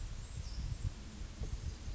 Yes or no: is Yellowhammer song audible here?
no